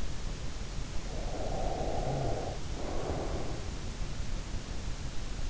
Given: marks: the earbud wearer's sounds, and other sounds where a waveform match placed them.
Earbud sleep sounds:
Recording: sounds in sleep by an in-ear microphone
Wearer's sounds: breath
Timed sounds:
1.34-3.86 s: breath

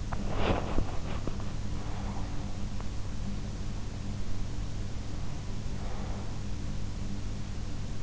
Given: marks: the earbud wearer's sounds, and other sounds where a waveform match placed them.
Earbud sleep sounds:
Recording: sounds in sleep by an in-ear microphone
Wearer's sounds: body movement, breath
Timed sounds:
0.00-1.54 s: body movement
1.54-2.74 s: breath
5.25-6.28 s: breath

